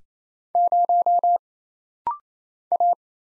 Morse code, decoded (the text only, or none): 0 A